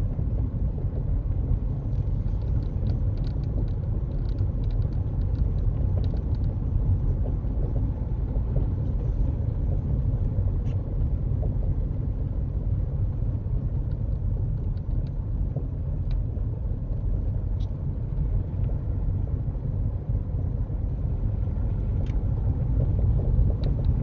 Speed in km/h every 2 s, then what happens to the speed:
29, 29, 31, 32, 29, 26, 24, 23, 26, 27, 31, 32.
0-7 steady at about 29. 7-14 slows to 23. 14-24 speeds up to 32.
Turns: none.